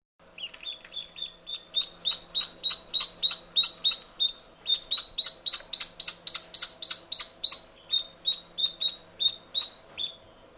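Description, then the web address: Duckling peeping, a rapid run of high, piercing cheeps repeated about three times a second, pausing briefly twice, with a faint steady hum beneath. Chick (duckling). "Ian Hubball Duck Chick"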